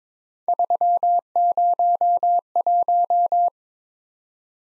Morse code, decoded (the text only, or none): 301